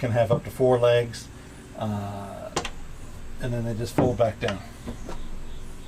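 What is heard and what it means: Someone talks while folding a leg back down into the frame of a modular, portable model-railroad bench section, with short handling knocks around 2.6 seconds. Nothing has seated or clicked yet; the leg has not locked into place by the end of the clip.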